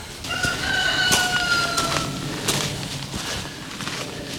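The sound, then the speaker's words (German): Chickens on a farm, with a rooster letting out one long, drawn-out crow that rises and holds before fading, while scattered clucks and clicks continue over steady background noise. “Ah, stinkt ja widerlich von den Hühnern hier unten rauf.”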